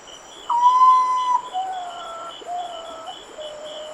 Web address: songs Common Potoo